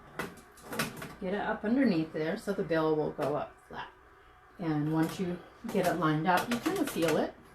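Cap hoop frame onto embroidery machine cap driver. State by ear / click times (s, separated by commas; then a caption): not seated / none. A hooped cap frame is turned to the side, worked up under the needles and lined up with the embroidery machine's cap driver while someone talks, with a few brief handling knocks near the start. Nothing has seated or snapped in yet when the clip ends.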